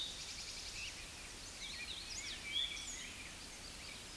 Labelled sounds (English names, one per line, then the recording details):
Hooded Warbler song
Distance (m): 75 m
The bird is about level with the microphone
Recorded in a Pennsylvania forest on 16 May 2024 at 07:10
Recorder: AudioMoth, point MSD-1307
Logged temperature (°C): 16.6 °C
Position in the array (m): 142 m, 122 m